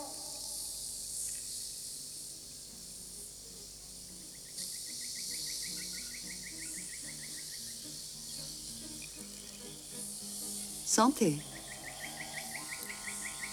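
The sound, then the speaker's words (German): Jungle ambience at a café in the middle of the jungle, with a constant high insect drone, rhythmic buzzing trills from crickets, and scattered bird chirps; a brief sweeping call rises and falls near the end, with a short spoken word. “Ein Café mitten im Dschungel.”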